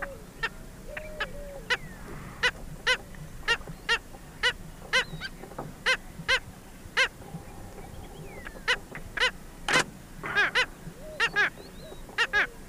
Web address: Natures Songs S America Eastern Lowlands Rynchops niger, calls